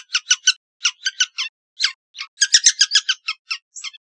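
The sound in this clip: Red-naped sapsucker calling, a quick run of harsh, scratchy squeal notes, a brief pause, then a denser burst tapering off into a few scattered final notes.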